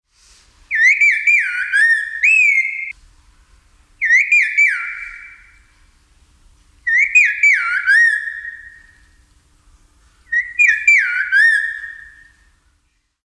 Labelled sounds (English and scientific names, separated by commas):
Red-faced Liocichla (Liocichla phoenicea)